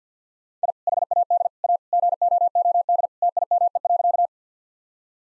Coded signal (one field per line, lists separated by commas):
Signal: Morse code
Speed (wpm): 50 wpm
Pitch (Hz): 700 Hz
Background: none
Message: I HAD A GOOD TIME.